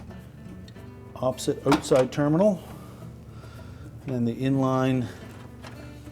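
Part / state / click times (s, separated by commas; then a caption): inline wire harness connector joining its mating connector in a dryer / not seated / none. A plastic inline wire-harness connector for a dryer's heating element (GE part WE11M23 repair) is being handled before it joins its mating connector. Someone talks over a low background hum, with faint handling noise. Nothing has seated or clicked yet.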